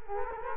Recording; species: mosquito wingbeat signal from an infrared sensor; Culex quinquefasciatus